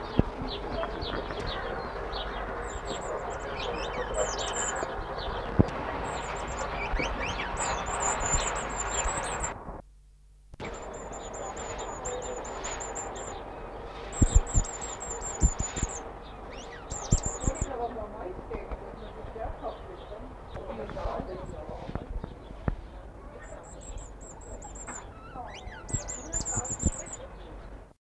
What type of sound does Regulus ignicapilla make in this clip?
song